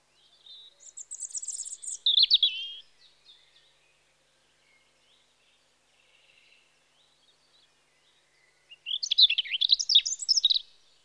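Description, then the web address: European robin song, a high thin phrase running into fluty descending notes, a long pause, then another jumbled rising and falling warble. Spring. "BBC Sound Effects Library (Birds) Robin (Erithacus Rubecula) Spring"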